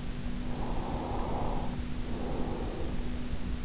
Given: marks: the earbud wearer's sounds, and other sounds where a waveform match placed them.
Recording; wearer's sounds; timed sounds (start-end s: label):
sounds in sleep by an in-ear microphone; breath
0.32-3.32 s: breath